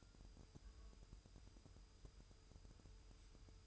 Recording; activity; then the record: daily activity, microphone in the room; take from stove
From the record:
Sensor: 2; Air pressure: 988.2 hPa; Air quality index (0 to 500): 190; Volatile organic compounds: 180 ppm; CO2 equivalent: 4142 ppm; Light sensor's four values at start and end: 21/71/28/27 and 21/71/28/27